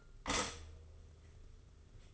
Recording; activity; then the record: daily activity, microphone in the room; stop toaster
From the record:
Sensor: 4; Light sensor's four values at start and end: 19/59/23/22 and 20/62/24/24